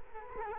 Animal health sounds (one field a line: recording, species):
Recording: mosquito wingbeat signal from an infrared sensor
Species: Culex quinquefasciatus